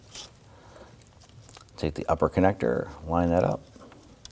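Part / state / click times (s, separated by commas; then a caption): upper electrical connector onto engine component / not seated / none. During spark plug replacement on a 2013–2019 Ford Police Interceptor Utility 3.7L V6, the upper plastic electrical connector is lined up to be pressed onto an engine component, with faint handling ticks and taps while someone talks. Nothing has seated or clicked into place yet.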